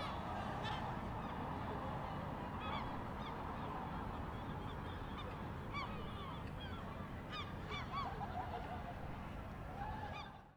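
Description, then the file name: Gulls giving harsh, harmonic calls in scattered bursts over a steady low rumble. Gulls frightened by fireworks, recorded 10 June 2016. "le 10 juin 2016 seagulls frightened of fireworks"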